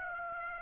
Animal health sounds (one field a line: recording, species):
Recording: mosquito wingbeat signal from an infrared sensor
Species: Aedes aegypti